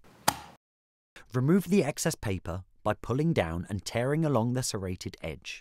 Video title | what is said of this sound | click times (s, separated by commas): SPc50 Dial Only Configuration - Installation video | when the lid is secured in place firmly you will hear a click | 0.3 s